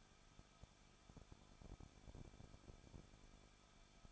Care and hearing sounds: daily activity, microphone in the room; no activity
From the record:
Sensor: 5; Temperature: 20.7 degrees Celsius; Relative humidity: 38.3%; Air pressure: 1006.6 hPa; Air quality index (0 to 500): 186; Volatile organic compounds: 17 ppm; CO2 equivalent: 2597 ppm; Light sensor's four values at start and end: 2/3/1/1 and 2/3/1/1

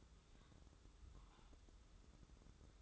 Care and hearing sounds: daily activity, microphone in the room; take from stove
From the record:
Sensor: 3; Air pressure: 995.4 hPa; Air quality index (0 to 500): 86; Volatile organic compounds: 8 ppm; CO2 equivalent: 2081 ppm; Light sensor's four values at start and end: 23/72/29/25 and 23/72/30/25

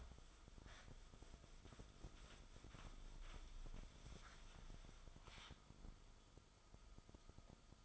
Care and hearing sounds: daily activity, microphone in the room; wipe stove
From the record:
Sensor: 5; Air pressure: 1004.9 hPa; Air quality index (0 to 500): 104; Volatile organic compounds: 2 ppm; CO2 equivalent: 1279 ppm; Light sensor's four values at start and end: 31/69/29/29 and 32/73/30/30

